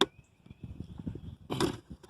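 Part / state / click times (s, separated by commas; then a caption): mirror glass into car side-mirror backing plate / not seated / none. OEM replacement mirror glass is pushed onto the backing plate of a Honda Pilot side mirror, with a sharp knock at the start and a burst of loud knocking around 1.5 to 1.8 seconds. The glass does not go in, and nothing has clicked or seated yet.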